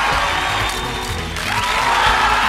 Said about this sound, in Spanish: Eso es, vitoreos, hurra.